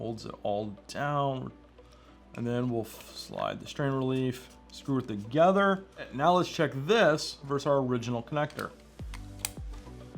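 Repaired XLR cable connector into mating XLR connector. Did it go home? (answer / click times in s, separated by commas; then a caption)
yes / 9.4 s. A freshly soldered, repaired XLR cable connector is plugged into the original mating XLR connector to test it. Someone talks through most of the clip, and a few small clicks lead up to a sharp click at 9.4 s. The connector latches in firmly with no wiggle.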